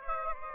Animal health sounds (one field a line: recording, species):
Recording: mosquito wingbeat signal from an infrared sensor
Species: Aedes aegypti